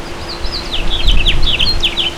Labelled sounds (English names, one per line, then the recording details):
House Finch song
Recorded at Merrick on Long Island, New York, on 17 May 2013
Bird B